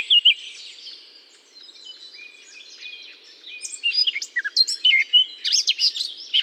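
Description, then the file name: Eurasian blackcap song, starting faint and soft, then building into louder, quick, chattering and whistled warble phrases in the second half. Singing from within a holly bush. "chant de fauvette a tete noire dans houx"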